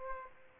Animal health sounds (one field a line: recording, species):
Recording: mosquito wingbeat signal from an infrared sensor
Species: Aedes aegypti